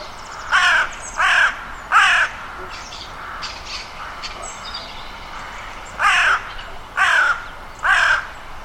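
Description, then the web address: Bird giving harsh cawing calls: three caws in quick succession, a quiet pause of about three seconds, then three more caws, with faint background calls. "Bird Only"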